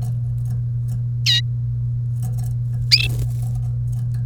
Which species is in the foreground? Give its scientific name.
Serinus canaria